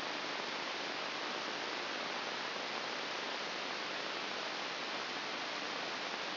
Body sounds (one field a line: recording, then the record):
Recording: brain microelectrode recording played as sound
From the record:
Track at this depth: inside the subthalamic nucleus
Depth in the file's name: 5.801 mm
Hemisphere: right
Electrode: 3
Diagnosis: Parkinson's disease